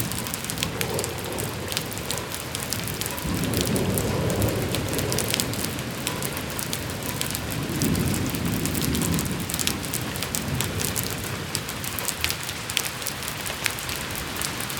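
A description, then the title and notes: Rain pours steadily over a city evening, a dense hiss of drops with sharp splashes and ticks across the top. Low rumbling swells come and go underneath, strongest around four and eight seconds, like thunder rolling beneath the downpour. An Evening Thunderstorm in the City. The sounds of a thunderstorm in the city wash away the rest of the evening noise in Grand Rapids, Michigan.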